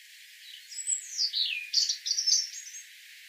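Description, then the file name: European robin singing a single high phrase of sliding, descending whistles followed by rapid thin trills. "Erithacus rubecula"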